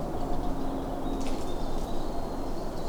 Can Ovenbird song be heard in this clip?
no